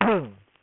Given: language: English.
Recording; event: throat vibration sensor signal played as sound; throat clearing